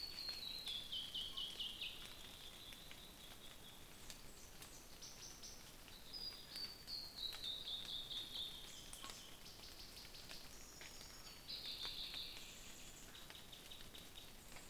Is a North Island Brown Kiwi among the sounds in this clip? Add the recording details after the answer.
no. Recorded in New Zealand on 21 November 2014. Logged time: 04:57. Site CL78